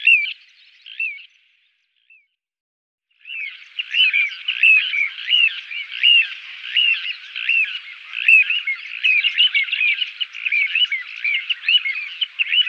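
Little ringed plover calling in a rapid, rolling series of short, high, down-slurred notes after a brief first burst and a pause of about two seconds.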